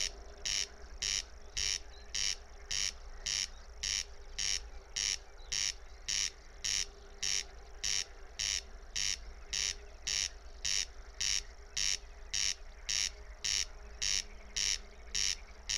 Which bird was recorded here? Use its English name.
Corn Crake